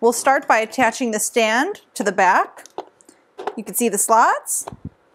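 Someone talks while a plastic desk stand is handled and lined up with the slots on the back of a Fanvil V62W Wi-Fi IP desk phone, with a few faint knocks around 2.8 to 3.4 seconds. Nothing has seated or clicked yet.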